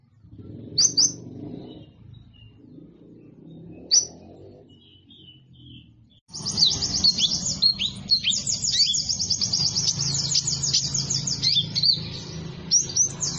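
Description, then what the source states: Sunbird gives a few high, isolated chirps, then breaks into a dense, rapid, high-pitched twittering song over steady background noise. Sunbird sound intended for luring birds and provoking them to call.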